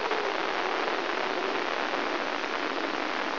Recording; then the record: brain microelectrode recording played as sound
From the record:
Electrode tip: inside the subthalamic nucleus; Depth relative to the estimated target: -2.5 mm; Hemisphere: right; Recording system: AlphaMap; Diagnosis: Parkinson's disease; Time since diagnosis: 26 years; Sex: female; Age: 68 years